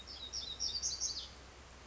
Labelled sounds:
Western Flycatcher
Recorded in Sonoma County, California

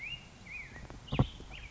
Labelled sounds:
Black-headed Grosbeak
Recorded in Sonoma County, California

